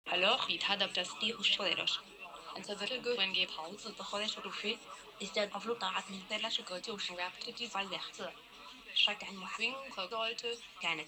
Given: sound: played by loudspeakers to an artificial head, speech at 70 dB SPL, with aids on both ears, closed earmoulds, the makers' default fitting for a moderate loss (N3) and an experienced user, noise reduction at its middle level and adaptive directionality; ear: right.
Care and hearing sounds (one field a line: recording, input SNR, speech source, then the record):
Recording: speech test signal (ISTS) in cocktail-party noise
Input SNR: +6 dB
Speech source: on the right (90 degrees)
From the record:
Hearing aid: class 1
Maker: I